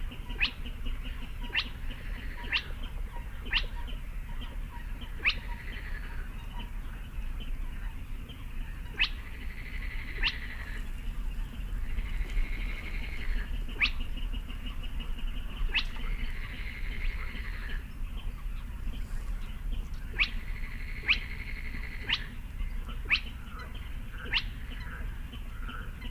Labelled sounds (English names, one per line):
Spotted Crake